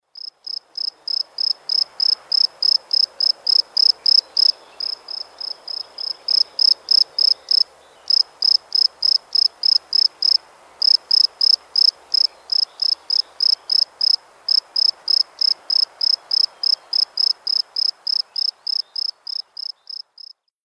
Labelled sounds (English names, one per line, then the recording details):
Field Cricket
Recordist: Frommolt, Karl-Heinz
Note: Gesang